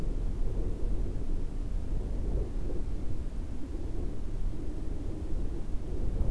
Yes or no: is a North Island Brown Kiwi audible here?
no